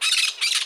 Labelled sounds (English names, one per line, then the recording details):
Brown-throated Parakeet contact call
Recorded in Margarita
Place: San Francisco, near stadium
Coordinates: 11.018, -64.294